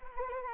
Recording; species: mosquito wingbeat signal from an infrared sensor; Anopheles arabiensis